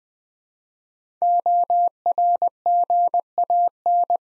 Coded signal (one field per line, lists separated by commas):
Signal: Morse code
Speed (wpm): 20 wpm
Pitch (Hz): 700 Hz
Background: none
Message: ORGAN